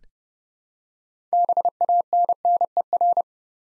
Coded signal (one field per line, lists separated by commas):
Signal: Morse code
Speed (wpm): 28 wpm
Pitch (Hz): 700 Hz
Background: none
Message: BANNER